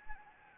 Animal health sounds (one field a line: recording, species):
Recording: mosquito wingbeat signal from an infrared sensor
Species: Anopheles gambiae